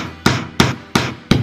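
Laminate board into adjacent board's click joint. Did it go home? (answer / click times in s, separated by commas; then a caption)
no / none. A laminate floor board is tapped toward the adjacent board's click joint with a hammer or tapping block. Four sharp knocks come at about 0.3, 0.6, 0.9 and 1.3 seconds, each a bright wideband crack with a low thump that quickly decays. The board has not seated or clicked into place yet.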